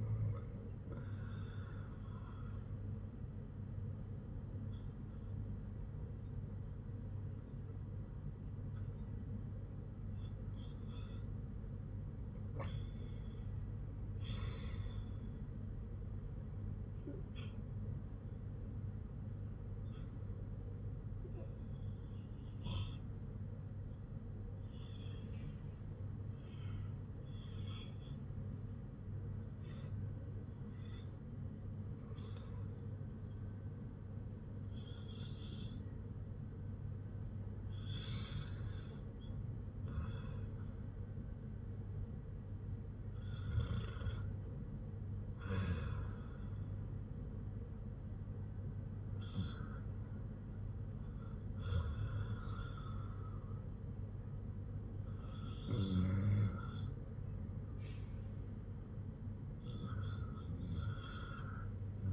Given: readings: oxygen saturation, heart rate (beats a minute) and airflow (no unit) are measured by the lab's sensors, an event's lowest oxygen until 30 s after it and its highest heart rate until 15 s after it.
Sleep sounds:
breathing in sleep by a smartphone at the bedside; none
none scored
From the record:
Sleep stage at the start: REM sleep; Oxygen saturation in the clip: 95 to 98%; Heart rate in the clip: 57 to 62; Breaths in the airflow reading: 9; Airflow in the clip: -9.0 to 5.7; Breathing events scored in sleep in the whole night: 182 in 7.4 hours asleep

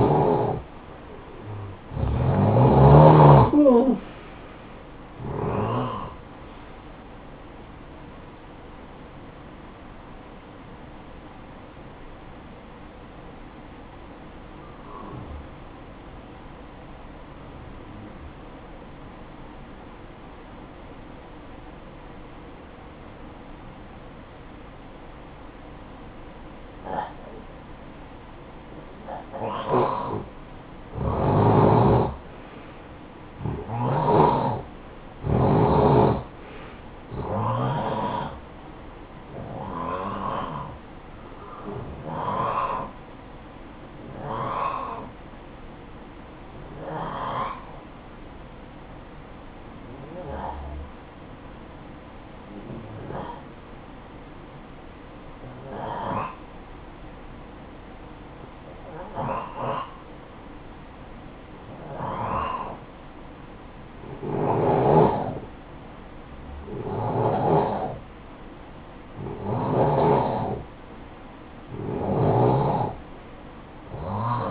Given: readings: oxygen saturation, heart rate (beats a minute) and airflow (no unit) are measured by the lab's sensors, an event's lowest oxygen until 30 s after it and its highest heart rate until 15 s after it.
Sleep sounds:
breathing in sleep by a voice recorder at the bedside; 2
14.00-31.20 s: obstructive apnea (N2, oxygen 92% highest, then 88% lowest, heart rate 60 at the start, 71 highest)
43.00-66.90 s: hypopnea (N2, oxygen 94% highest, then 89% lowest, heart rate 59 at the start, 62 highest)
From the record:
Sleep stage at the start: N2 (light sleep); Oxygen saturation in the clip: 88 to 94%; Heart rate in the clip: 53 to 71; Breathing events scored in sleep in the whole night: 573 in 9.8 hours asleep

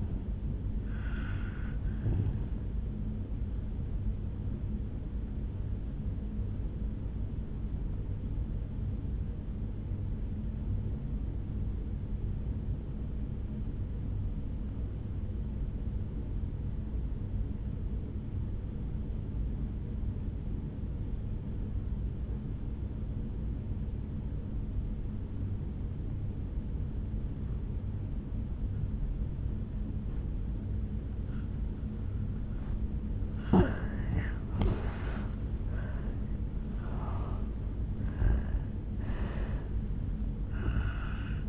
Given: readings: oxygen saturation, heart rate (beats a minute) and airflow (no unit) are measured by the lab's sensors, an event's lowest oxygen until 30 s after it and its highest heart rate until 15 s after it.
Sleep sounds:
breathing in sleep by a smartphone at the bedside; 1
9.00-34.00 s: obstructive apnea (N2, oxygen 96% highest, then 81% lowest, heart rate 56 at the start, 76 highest)
26.00-41.48 s: new sleep stage, N1 (lightest sleep)
From the record:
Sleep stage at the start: N2 (light sleep); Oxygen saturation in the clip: 84 to 96%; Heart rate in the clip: 56 to 76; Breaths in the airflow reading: 5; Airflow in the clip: -10.2 to 6.9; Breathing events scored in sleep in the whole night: 449 in 7.0 hours asleep

